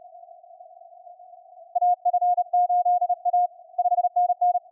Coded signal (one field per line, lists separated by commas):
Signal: Morse code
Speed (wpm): 32 wpm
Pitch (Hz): 710 Hz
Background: none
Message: AF8A 5NN